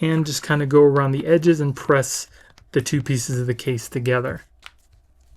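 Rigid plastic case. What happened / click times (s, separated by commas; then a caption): Handled, not yet home: the plastic case halves have not clearly snapped together / none. Someone talks while the back half of a rigid two-piece waterproof XBASE case for an iPhone 17 Pro Max is pressed around the edges onto its front half. A brief faint tick is heard near 4.7 s, but nothing has seated or clicked into place yet.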